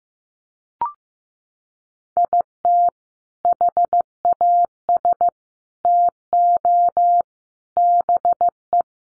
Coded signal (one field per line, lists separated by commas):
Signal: Morse code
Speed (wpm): 15 wpm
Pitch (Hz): 700 Hz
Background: none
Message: IT HAS TO BE